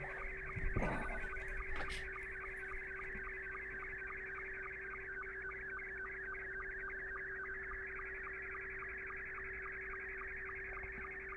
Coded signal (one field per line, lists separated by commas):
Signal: SSTV (slow-scan television)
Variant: Scottie 2